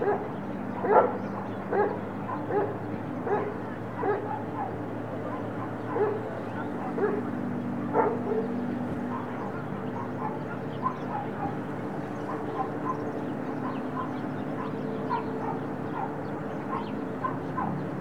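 A daily ambient recording from a studio in a natural park, where a dog barks in short repeated bursts, louder in the first eight seconds and then fainter. A steady low hum runs underneath the whole time.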